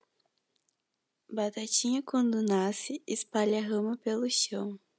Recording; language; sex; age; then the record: short text; Brazilian Portuguese; female; 18 to 19 years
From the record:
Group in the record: control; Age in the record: 18 years